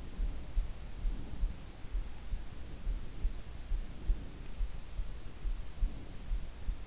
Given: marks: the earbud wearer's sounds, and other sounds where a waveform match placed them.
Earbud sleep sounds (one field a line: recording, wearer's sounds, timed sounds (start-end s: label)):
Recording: sounds in sleep by an in-ear microphone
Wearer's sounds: breath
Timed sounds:
0.00-1.43 s: breath
2.80-4.57 s: breath
5.14-6.44 s: breath